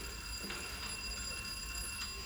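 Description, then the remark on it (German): A doorbell at the Büchners' door rings with a steady, high metallic buzzing tone that holds for a couple of seconds, faint and thin, with a few soft clicks underneath. “Ich werde noch mal bei Büchners klingeln.”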